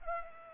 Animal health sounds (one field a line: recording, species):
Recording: mosquito wingbeat signal from an infrared sensor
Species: Culex pipiens